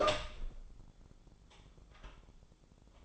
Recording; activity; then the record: daily activity, microphone in the room; open door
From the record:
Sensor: 5